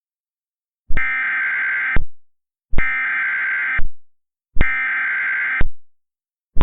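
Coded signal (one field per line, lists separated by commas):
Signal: Emergency Alert System (SAME) tones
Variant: header bursts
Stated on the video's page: Fictional mock alert.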